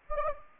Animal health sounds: mosquito wingbeat signal from an infrared sensor; Anopheles gambiae

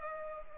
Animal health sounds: mosquito wingbeat signal from an infrared sensor; Culex pipiens

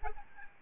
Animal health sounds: mosquito wingbeat signal from an infrared sensor; Aedes albopictus

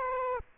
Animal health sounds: mosquito wingbeat signal from an infrared sensor; Aedes aegypti

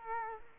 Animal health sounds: mosquito wingbeat signal from an infrared sensor; Culex quinquefasciatus

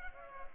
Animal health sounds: mosquito wingbeat signal from an infrared sensor; Culex pipiens

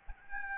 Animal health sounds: mosquito wingbeat signal from an infrared sensor; Aedes albopictus

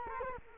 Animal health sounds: mosquito wingbeat signal from an infrared sensor; Culex quinquefasciatus

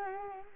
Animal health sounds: mosquito wingbeat signal from an infrared sensor; Anopheles arabiensis

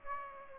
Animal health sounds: mosquito wingbeat signal from an infrared sensor; Aedes aegypti

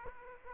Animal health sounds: mosquito wingbeat signal from an infrared sensor; Aedes aegypti

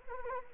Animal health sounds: mosquito wingbeat signal from an infrared sensor; Anopheles arabiensis

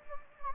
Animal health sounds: mosquito wingbeat signal from an infrared sensor; Anopheles gambiae

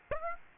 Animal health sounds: mosquito wingbeat signal from an infrared sensor; Aedes aegypti

